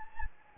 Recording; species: mosquito wingbeat signal from an infrared sensor; Anopheles gambiae